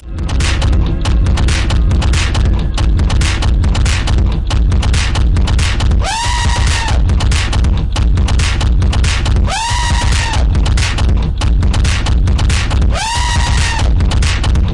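Elephant trumpeting: after several seconds of crackling noise, three alike brassy calls, each swelling up and then holding level briefly.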